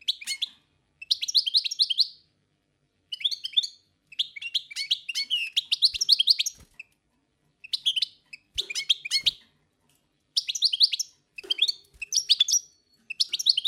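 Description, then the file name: Song Thrush singing phrase after phrase of high, varied chirps and whistles with short gaps between them. Songbird of the forest. "Pevchie pticy lesa - CSHegol"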